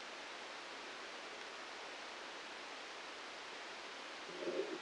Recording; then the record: brain microelectrode recording played as sound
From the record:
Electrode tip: outside the subthalamic nucleus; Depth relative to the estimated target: 1 mm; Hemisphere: right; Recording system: NeuroSet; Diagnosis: Parkinson's disease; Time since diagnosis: 9 years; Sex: male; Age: 56 years